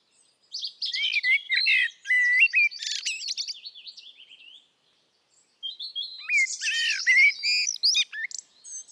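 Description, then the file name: Eurasian blackbird, song: dense warbled phrases of low whistles and high scratchy notes, a brief silence, then another tumbling phrase. "Turdus merula"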